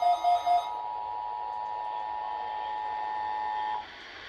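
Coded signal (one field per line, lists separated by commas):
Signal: Emergency Alert System (SAME) tones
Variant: 853 and 960 Hz attention tone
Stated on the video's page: Required Monthly Test received live from Seattle-area FM stations on 88.5 and 98.9 and NOAA Weather Radio on 162.425 MHz.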